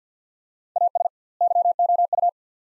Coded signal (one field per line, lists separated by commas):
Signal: Morse code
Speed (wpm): 50 wpm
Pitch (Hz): 700 Hz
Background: none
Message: AS YOU